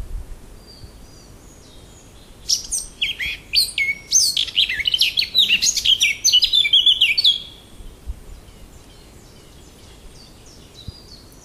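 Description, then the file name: Eurasian blackcap song: a burst of about five seconds of fast, rich warbling with scratchy and fluty notes that jump about, ending abruptly; faint thin notes before and after. "ЧЕРНОГОЛОВКА"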